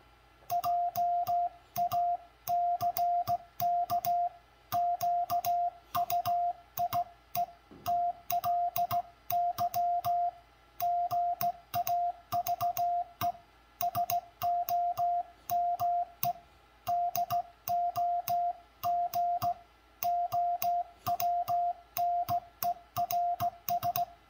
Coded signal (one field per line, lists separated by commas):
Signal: Morse code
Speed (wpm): 17 wpm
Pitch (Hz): 700 Hz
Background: music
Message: JACK QUIETLY GAVE SOME DOG OWNERS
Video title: Cootie/Side-Swiper Telegraph Fist